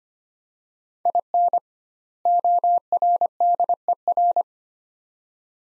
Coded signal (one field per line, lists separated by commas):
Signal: Morse code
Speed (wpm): 25 wpm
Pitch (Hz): 700 Hz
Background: none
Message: IN ORDER